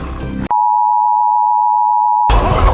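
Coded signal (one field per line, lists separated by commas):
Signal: Emergency Alert System (SAME) tones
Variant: 853 and 960 Hz attention tone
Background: music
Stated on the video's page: Not a real alert; a scream likened to an EAS alarm.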